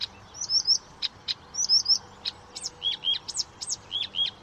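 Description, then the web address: Blyth's reed warbler singing a lively run of sharp clicks and quick slurred whistles, some short phrases repeated within a few seconds. "chant didier collin rousserolle des buissons"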